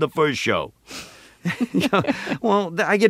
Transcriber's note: laughter